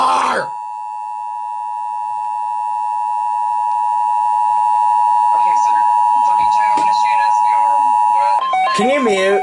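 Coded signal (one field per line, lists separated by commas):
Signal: Emergency Alert System (SAME) tones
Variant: 853 and 960 Hz attention tone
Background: speech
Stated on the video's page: Continued Severe Thunderstorm Warning for Texas, first capture from WJON.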